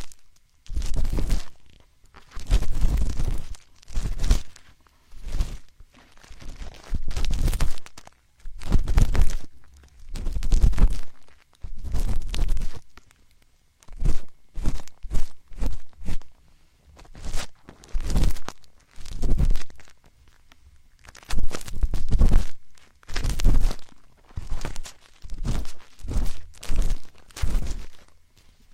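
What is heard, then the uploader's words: Binaural ear picking and ear massage sounds: a steady run of scratchy, rustling bursts, each lasting about half a second to a second, with short silent gaps between. The strokes come irregularly, sometimes in quick clusters, crunchy and bright with a soft low thump. Binaural ear picking, ear massage, spa ear picking.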